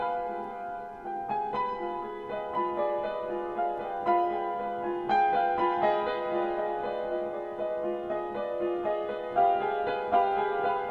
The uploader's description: Dreary, dusky, dark, old piano